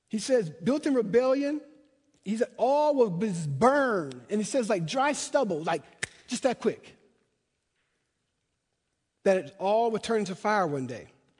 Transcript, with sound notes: He says built in rebellion, He said all of this burned and he says like dry stubble, like (snap) just that quick. That all will turn to fire one day.